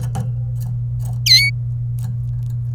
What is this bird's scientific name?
Serinus canaria